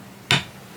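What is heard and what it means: The two halves of a magnetic yarn ball holder are brought together again, after an earlier snap was not as loud. A single sharp, loud snap of the powerful magnetic closure sounds at 0.3 s, and the halves snap shut and seat together.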